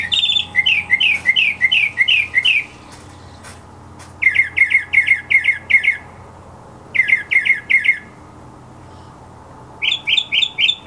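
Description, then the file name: Mockingbird song: varied phrases, each repeated several times in quick succession, switching from rapid chirp runs to lower whistled notes, separated by short pauses. Masteran (tutor) sound for songbirds, uploaded November 2014. "suara masteran mockingbird"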